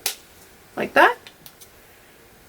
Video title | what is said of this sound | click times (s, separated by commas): DIY: Spy Optics Logan Replacement Lens Installation Guide - Revive your frame Today! - Seek Optics | should hear a popping sound like that | 0.1 s